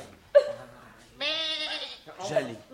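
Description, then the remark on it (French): A goat bleats three times in a row, each call a wavering, nasal, harmonic cry, the middle one longest and steadiest, with a last shorter bleat starting at the end. “Quelle jolie chèvre !”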